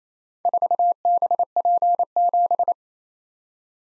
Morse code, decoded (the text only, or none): 4BP7